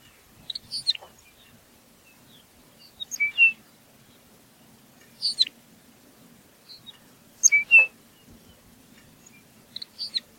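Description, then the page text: Lapland longspur giving several short groups of high chirping and whistled calls, with a faint low hum throughout. "Ryan P. O'Donnell - Лапландский подорожник (Calcarius lapponicus)"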